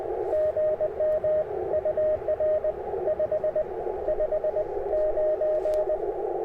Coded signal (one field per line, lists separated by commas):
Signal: Morse code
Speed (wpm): 19 wpm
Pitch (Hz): 590 Hz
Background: radio noise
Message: GM UR 559